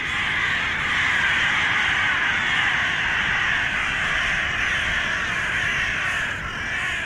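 Ravens caw in a dense, overlapping chorus, their harsh rasping calls blending into a steady, unbroken clamor that holds an even loudness throughout, with no voices.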